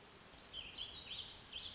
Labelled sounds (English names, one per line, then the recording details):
Warbling Vireo
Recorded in Sonoma County, California